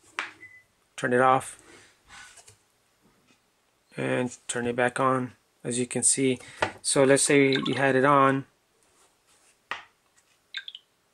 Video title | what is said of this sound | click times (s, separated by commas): Samsung Galaxy Note 8 Book Cover Case Review | you heard that click that means it was it just shut it off | 9.7 s